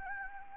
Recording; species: mosquito wingbeat signal from an infrared sensor; Anopheles gambiae